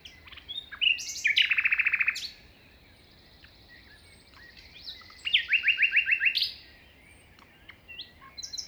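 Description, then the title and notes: Common nightingale singing loud phrases of rapidly repeated rattling notes, separated by pauses with quieter whistles, over a low wind rumble. Nightingale singing beside a path at 5:05 am, 21 May 2019, Plateau de Lesches en Diois; windy; recorded in stereo on a Nagra Seven with MKH40 microphones. "Plateau de Lesches en diois. un rossignol en bord de chemin"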